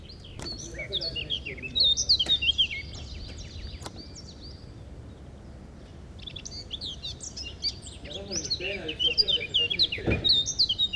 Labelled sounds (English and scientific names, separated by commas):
Eurasian Blackcap (Sylvia atricapilla) song